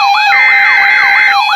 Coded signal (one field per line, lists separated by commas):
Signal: Emergency Alert System (SAME) tones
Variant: header bursts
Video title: XLF339 Severe Thunderstorm Warning #13 - 14 7/7/2021 (EAS #745 -746)